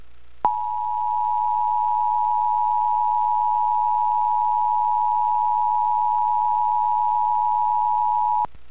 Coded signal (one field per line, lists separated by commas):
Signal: Emergency Alert System (SAME) tones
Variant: 853 and 960 Hz attention tone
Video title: EAS: Pennsylvania Required Monthly Tests (4/16/20)(EAS #316-321)